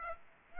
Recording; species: mosquito wingbeat signal from an infrared sensor; Aedes aegypti